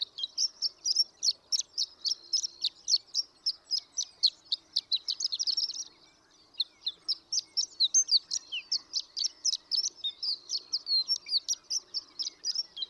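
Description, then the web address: Horned lark singing long, even strings of high tinkling notes, with a short gap near six seconds. "birdsongforthecurious Horned Lark"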